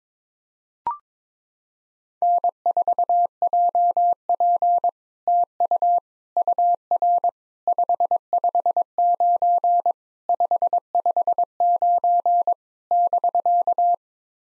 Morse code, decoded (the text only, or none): N4JP TU UR 559 559 <BK>